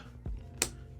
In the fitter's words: in place so there we go we have snapped in place